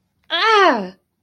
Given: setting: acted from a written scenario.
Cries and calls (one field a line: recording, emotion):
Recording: vocal sound without words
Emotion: negative surprise